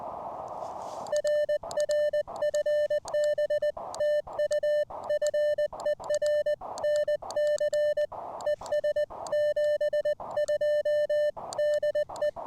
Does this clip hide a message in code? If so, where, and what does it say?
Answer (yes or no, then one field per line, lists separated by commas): yes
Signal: Morse code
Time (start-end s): 1.1-12.3 s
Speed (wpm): 20 wpm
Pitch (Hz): 600 Hz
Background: music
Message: RR FB TU FER NC ES 72 DE